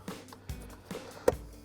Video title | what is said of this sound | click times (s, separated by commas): 2019-2022 5.7L RAM 1500 Edge Pulsar Inline Tuning Module Review & Dyno | Again, get that aligned properly, and then just push that red pedal down, and it'll click itself into place. | 1.3 s